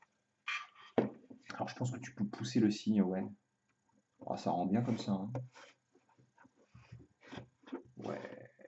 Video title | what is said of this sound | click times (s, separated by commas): [CONSTRUCTION] LEGO Ninjago : NINJAGO City Gardens (9/18) [FR] | Là, ça s'enclenche, c'est Avec sûr, le truc qui s'enclenche parfaitement, quoi. | 1.0 s